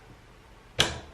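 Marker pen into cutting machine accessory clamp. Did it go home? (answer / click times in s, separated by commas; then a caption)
yes / 0.8 s. A marker pen is pushed down into the opened accessory clamp of a craft cutting machine, and the clamp is then closed. After a quiet stretch, a single sharp click sounds at 0.8 s and rings briefly. The pen seats in the clamp.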